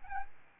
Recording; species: mosquito wingbeat signal from an infrared sensor; Aedes albopictus